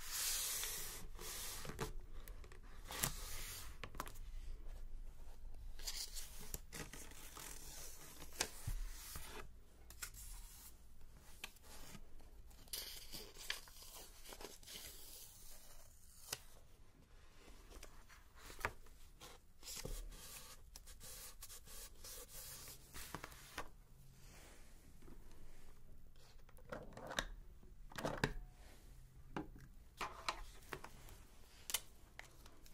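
Pages turn and rustle with scattered clicks and dull knocks like typing and stamping, irregular and busy throughout, over a faint low hum.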